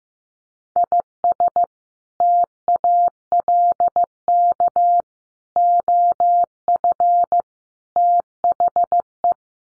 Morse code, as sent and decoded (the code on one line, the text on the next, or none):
.. ... / - .- .-.. -.- / --- ..-. / - .... .
IS TALK OF THE